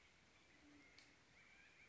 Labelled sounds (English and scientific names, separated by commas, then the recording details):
Band-tailed Pigeon (Patagioenas fasciata)
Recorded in Sonoma County, California